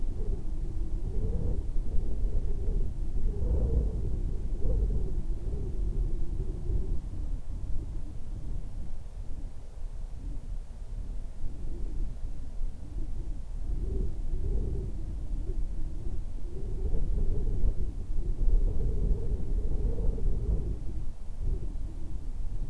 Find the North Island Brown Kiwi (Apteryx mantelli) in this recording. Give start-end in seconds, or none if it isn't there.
none